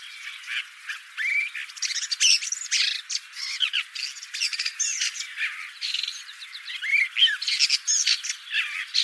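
Bird calls, harsh squawks and rasping notes tumbling over one another in a busy burst, with short rising chirps, continuous throughout.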